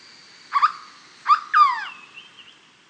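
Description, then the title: Hooded berryeater calling: a short double note, a short note, then a longer falling note. "LuckyPassaro Completos2Sama. Hooded Berryeater (Carpornis cucullata)"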